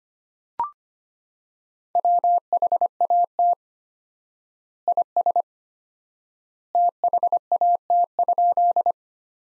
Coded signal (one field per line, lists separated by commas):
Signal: Morse code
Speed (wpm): 25 wpm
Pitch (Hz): 700 Hz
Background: none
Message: WHAT IS THAT?